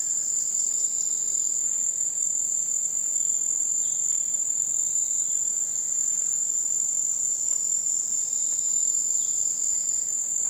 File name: kuroiwazemi